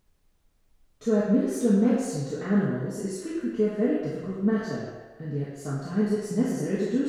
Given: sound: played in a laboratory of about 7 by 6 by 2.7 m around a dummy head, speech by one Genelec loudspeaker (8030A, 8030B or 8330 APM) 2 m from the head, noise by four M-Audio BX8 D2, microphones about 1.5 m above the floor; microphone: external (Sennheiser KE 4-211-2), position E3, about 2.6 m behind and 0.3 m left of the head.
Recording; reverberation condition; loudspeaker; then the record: female speech in English; high; behind (180 degrees)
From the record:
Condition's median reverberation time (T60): about 1300 ms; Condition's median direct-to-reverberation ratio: about -4.0 dB